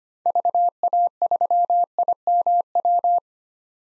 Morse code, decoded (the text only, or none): VA3IMW